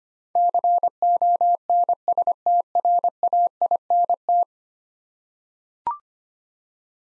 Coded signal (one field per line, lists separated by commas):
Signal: Morse code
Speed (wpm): 25 wpm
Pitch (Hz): 700 Hz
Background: none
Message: CONSTRAINT